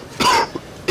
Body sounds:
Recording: coughing mixed with background sound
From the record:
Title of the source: Coughing 60

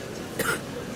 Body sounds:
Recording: coughing mixed with background sound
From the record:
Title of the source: 30 Chesty and wet cough

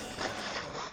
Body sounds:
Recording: coughing mixed with background sound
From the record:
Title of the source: Spring Cold Coughing.

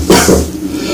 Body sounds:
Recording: coughing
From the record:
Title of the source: Residual Phlegmy Morning Coughing and Gagging

